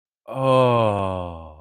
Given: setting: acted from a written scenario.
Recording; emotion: vocal sound without words; realization